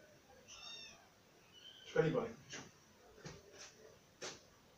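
A cat gives a few short meows: a thin, wavering cry first, then a louder, harsher one, followed by a couple of brief, softer sounds and clicks.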